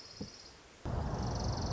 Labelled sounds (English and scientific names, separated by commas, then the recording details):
Orange-crowned Warbler (Leiothlypis celata)
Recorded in Sonoma County, California